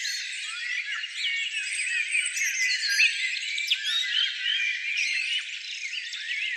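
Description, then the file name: Birds singing together, a dense tangle of overlapping chirps, trills and quick sweeping whistles with no pause. "zvuki peniia ptits"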